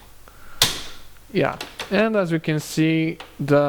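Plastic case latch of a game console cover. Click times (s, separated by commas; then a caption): 0.6 s. A screwdriver pushes open one of the last two plastic latches on an Xbox 360 console cover, with a sharp click at 0.6 s. Someone then talks as the latch releases and the bottom of the cover comes apart.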